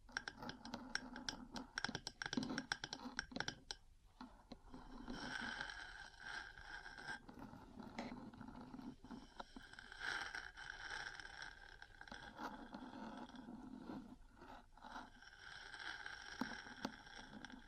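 Metal parts tapping and scratching: quick clicks in the first four seconds, then rough scraping strokes in long dense stretches with short pauses.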